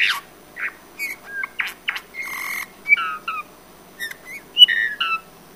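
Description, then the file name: Eurasian bullfinch calls: varied whistled notes, a rasping buzzy note and sharp chirps, loosely repeated roughly every second or two. "Pyrrhula pyrrhula"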